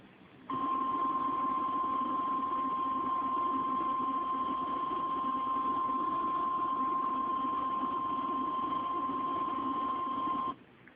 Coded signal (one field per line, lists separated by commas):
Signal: Emergency Alert System (SAME) tones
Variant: 1050 Hz attention tone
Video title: my EAS alerts from #3 to #11 Severe Thunderstorm Warning